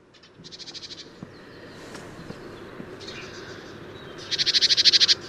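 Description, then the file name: Great tit chatter: a softer burst of rapid high notes at the start, faint scattered sounds, then a louder rattling train of repeated buzzy notes at the end. "Parus major"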